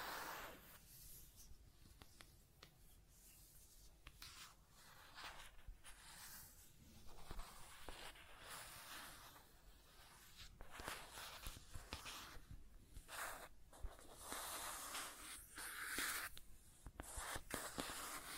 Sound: Scratching and Tracing Sounds